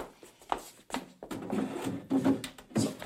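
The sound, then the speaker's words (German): A wooden drawer slides out with a series of scraping, knocking rubs, uneven bursts of friction and a couple of sharper clunks, with no talking over it. “Komm, hilf mir bei den Schubladen.”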